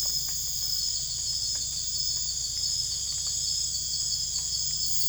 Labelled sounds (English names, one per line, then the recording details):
none
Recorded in secondary vegetation near Puerto Asís, Putumayo, Colombia, on 20 December 2024 at 00:30
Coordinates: 0.488, -76.319
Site GP04